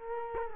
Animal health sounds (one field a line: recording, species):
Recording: mosquito wingbeat signal from an infrared sensor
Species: Culex quinquefasciatus